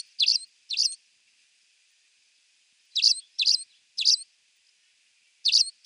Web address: Schulze Peter Spanish Sparrow song